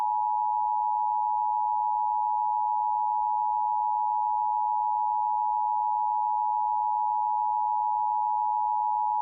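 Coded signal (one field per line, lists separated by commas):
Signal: Emergency Alert System (SAME) tones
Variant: 853 and 960 Hz attention tone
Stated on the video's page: Fictional EAS scenario remake about a blizzard; simulated alert.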